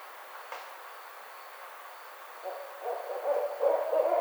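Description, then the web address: Barred owl calls begin past the halfway point and grow louder, over a faint steady high hum. Recorded 29 May 2009. "Barred Owl 2009 05 29 Barred Owl"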